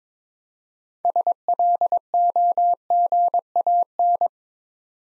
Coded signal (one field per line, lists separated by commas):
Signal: Morse code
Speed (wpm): 21 wpm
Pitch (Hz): 700 Hz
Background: none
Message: SLOGAN